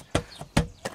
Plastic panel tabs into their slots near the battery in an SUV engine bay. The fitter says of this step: you don't have to wail on them but you'll hear them snap into place in this case they're in